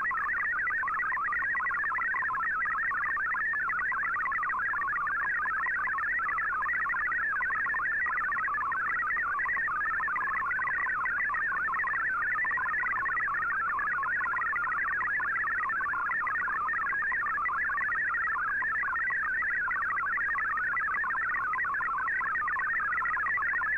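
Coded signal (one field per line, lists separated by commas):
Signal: multi-tone FSK (Olivia or MFSK type)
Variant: MFSK32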